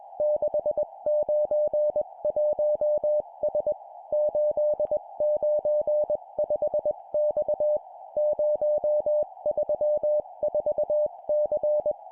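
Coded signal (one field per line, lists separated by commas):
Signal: Morse code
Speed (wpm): 21 wpm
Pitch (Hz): 600 Hz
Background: music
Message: 691S 895X 034C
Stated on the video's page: Morse code course drill at 20 wpm of four-character groups: three numbers then a letter.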